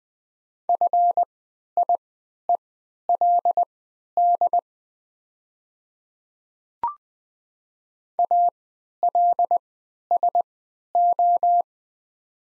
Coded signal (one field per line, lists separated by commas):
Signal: Morse code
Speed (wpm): 20 wpm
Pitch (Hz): 700 Hz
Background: none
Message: FIELD ALSO